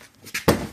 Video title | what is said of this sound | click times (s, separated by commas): 2003 Acura MDX removing rear bumper | give it a good tap and it'll snap right in place. | 0.4 s, 0.5 s